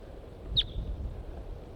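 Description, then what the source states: Crossbill flight call, a single sharp high chip with a brief trailing tail, over low steady background rumble. Individual bird calling in response to flight calls from a wild pair at their nest.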